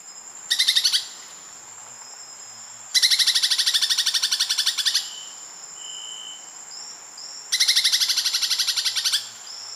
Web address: Natures Songs S America Birds of Ecuador Immaculate Antbird